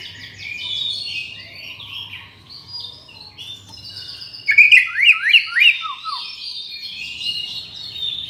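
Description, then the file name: White-rumped shama pouring out a continuous high warbling song, breaking into a loud series of sharp downslurred notes near the middle. From Borneo. "murai batu borneo"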